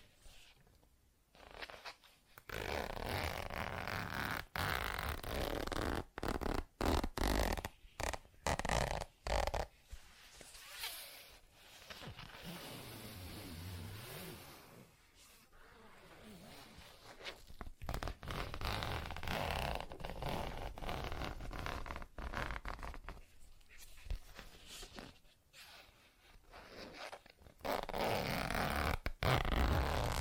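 ASMR sounds of zippers being worked and surfaces scratched, with rough, dense rasping strokes that stop and start in quick bursts. Sharp breaks cut through often, and a smoother, lower sweep rises around the middle before the busy scratching returns.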